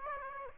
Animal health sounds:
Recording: mosquito wingbeat signal from an infrared sensor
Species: Aedes aegypti

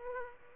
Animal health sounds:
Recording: mosquito wingbeat signal from an infrared sensor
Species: Aedes aegypti

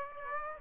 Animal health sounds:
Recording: mosquito wingbeat signal from an infrared sensor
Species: Aedes aegypti

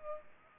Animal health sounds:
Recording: mosquito wingbeat signal from an infrared sensor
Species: Culex pipiens

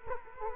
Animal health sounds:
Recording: mosquito wingbeat signal from an infrared sensor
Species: Culex quinquefasciatus

